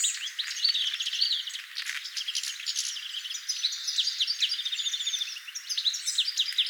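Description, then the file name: European goldfinch calls: rapid, liquid twitters and buzzy chirps crowding over one another. "Carduelis carduelis"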